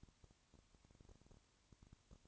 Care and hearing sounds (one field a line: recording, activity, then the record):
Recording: daily activity, microphone in the room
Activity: no activity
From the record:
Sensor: 3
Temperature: 20.5 degrees Celsius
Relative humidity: 34.6%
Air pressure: 1001.0 hPa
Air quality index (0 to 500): 195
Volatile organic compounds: 6 ppm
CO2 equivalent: 1855 ppm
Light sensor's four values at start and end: 2/3/2/2 and 2/3/2/2